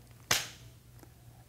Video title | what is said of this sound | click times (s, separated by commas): Hip Butler Instructional | on any water bottle you can hear it snap | 0.3 s